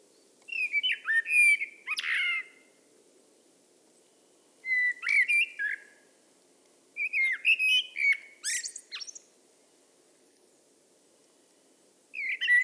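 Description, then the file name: Eurasian blackbird song in four short bursts, fluty whistles broken by scratchy high twitters, with gaps of one to three seconds. "Turdus merula"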